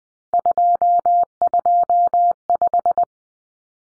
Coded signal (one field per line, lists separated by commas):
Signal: Morse code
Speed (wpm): 20 wpm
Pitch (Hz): 700 Hz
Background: none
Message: 225